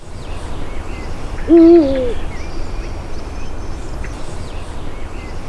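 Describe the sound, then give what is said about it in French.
A single deep, resonant hoot of a Eurasian eagle-owl rises briefly out of steady background hiss, with faint high chirps from other birds scattered behind it. “Donc, le fameux hibou grand-duc.”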